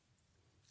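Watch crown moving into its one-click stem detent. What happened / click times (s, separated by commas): A small stem pushed in to its first detent and clicked into place / 0.7 s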